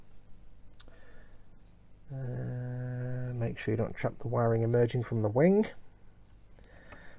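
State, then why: Not seated. A plastic wing root cover is pressed onto the model X-Wing's wing, taking care not to trap the wiring coming out of the wing, while someone talks. A few faint clicks and taps are heard around 0.7–0.9 s and near 6.6 s. Nothing seats or clicks into place, and the cover fails to lock.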